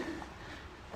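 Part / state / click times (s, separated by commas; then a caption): deck retaining clip on the other side of a riding lawn mower deck / not seated / none. A deck retaining clip on the other side of a Cub Cadet LTX 1050 KW riding lawn mower deck is checked and pushed by hand during a drive belt pulley replacement. A steady, low handling noise runs throughout, with a slight rise at the very end. Nothing has seated or clicked yet.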